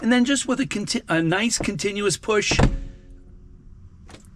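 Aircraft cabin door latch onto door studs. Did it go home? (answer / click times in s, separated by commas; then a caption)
yes / 4.2 s. Someone talks while the cabin door of a Cirrus Gen 6/7 aircraft is pushed closed onto its door studs and the locking lever is rotated down with a continuous push through resistance. After the talking stops there is a short quiet stretch, then a brief, faint click at 4.3 s. The door latches have locked into their over-center locked position.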